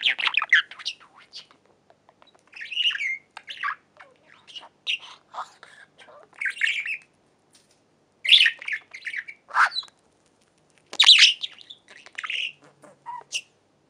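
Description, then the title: Budgerigar chatter of harsh squawks and sharp chirps in uneven bursts, louder squawks repeating every couple of seconds with quieter clicks between. "Budgie Sounds"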